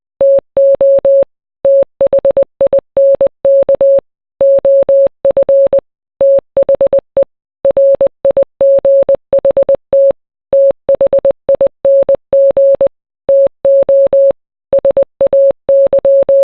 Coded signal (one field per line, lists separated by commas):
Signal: Morse code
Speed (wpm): 20 wpm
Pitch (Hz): 550 Hz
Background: none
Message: TO THINK OF THE RIGHT THING TO SAY